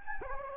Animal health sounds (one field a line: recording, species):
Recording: mosquito wingbeat signal from an infrared sensor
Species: Anopheles gambiae